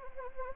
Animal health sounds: mosquito wingbeat signal from an infrared sensor; Anopheles gambiae

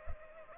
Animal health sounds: mosquito wingbeat signal from an infrared sensor; Culex pipiens

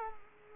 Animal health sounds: mosquito wingbeat signal from an infrared sensor; Culex quinquefasciatus

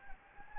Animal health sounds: mosquito wingbeat signal from an infrared sensor; Anopheles gambiae

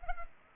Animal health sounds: mosquito wingbeat signal from an infrared sensor; Culex pipiens

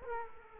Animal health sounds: mosquito wingbeat signal from an infrared sensor; Culex quinquefasciatus

